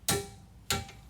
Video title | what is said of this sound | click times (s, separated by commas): How to Replace Outer Tie rod End & Front Brake Pads and Rotors On a Ford Freestyle (Complete Guide) | I hope you can hear the torque wrench click | 0.1 s, 0.7 s